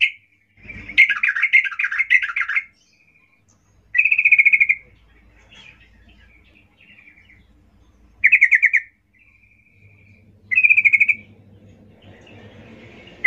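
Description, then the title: Yellow-vented Bulbul song: dense bubbly, chattering phrases alternating with quieter pauses, repeated several times throughout. Trucuk (Yellow-vented Bulbul) singing lively ('gacor ropel ngalas' style), used as a lure (pancingan) to make trucuk birds sing. "GACOR Ropel Ngalas Pancingan Trucukan Agar Bunyi Jadikan Burung Trucuk"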